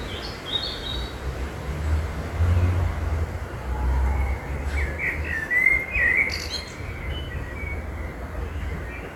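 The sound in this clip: Bird chirps, a few short high notes early and after the middle, over a steady low rumble.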